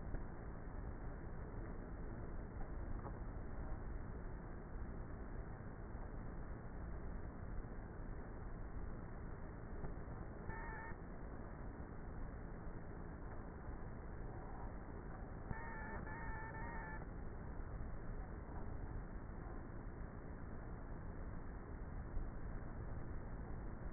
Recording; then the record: honeybee colony, microphone inside the hive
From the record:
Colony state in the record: queenless with a low population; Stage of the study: before two queens were removed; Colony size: about 30,000 bees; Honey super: no